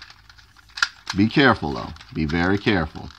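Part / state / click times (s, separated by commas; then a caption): folding body section of a plastic transforming action figure / seated / 0.8 s. A folding plastic body section of a Transformers Generations Titans Return Powermaster Optimus Prime transforming action figure is folded over and locks into place, giving a sharp plastic snap at 0.8 s after a few faint ticks. Someone then talks.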